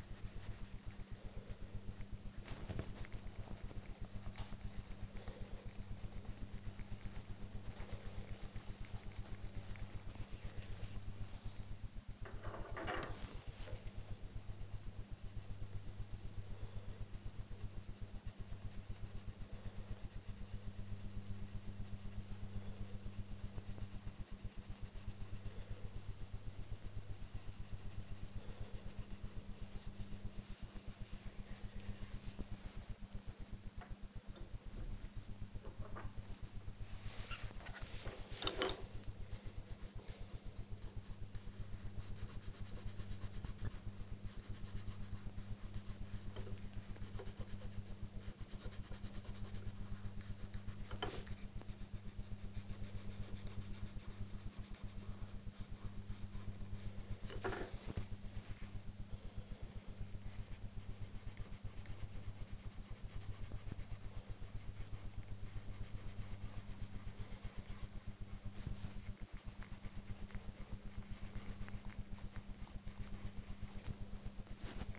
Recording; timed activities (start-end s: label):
household activities, microphone on the right wrist
0.00-74.98 s: drawing